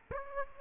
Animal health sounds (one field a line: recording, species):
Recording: mosquito wingbeat signal from an infrared sensor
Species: Aedes aegypti